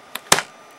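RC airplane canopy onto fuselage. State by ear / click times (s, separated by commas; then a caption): seated / 0.3 s. A plastic canopy on an RC model airplane is pressed down hard onto the fuselage until its retainer snaps in. After a small tick at 0.2 s, a sharp, bright snap comes at 0.3 s with a short tail. The canopy is seated and will not come off.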